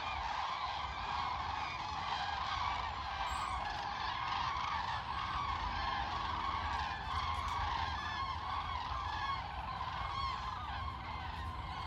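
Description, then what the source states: Cranes in a loud, unbroken chorus of bugling, rolling calls from many overlapping birds, keeping an even intensity throughout. Migrating cranes in flight, calling loudly while moving across the sky, sometimes in formation and sometimes dispersed.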